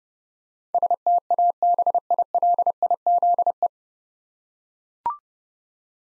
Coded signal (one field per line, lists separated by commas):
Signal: Morse code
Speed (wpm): 30 wpm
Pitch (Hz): 700 Hz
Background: none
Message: STABILIZE